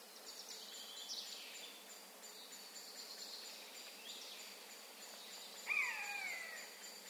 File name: Garrulus glandarius